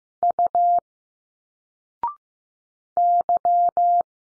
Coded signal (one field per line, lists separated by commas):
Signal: Morse code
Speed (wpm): 15 wpm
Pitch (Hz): 700 Hz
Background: none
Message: U Y